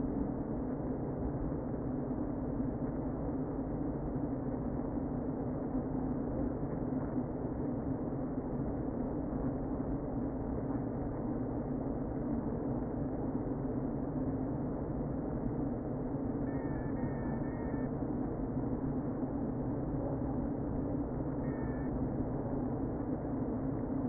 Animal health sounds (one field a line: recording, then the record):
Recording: honeybee colony, microphone inside the hive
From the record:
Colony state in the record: queen present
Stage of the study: before two queens were removed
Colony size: about 60,000 bees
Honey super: yes